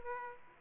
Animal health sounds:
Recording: mosquito wingbeat signal from an infrared sensor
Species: Aedes aegypti

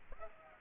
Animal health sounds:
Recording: mosquito wingbeat signal from an infrared sensor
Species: Culex pipiens

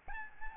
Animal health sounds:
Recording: mosquito wingbeat signal from an infrared sensor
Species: Aedes albopictus

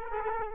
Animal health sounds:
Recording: mosquito wingbeat signal from an infrared sensor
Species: Culex quinquefasciatus

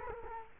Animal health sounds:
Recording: mosquito wingbeat signal from an infrared sensor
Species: Culex quinquefasciatus

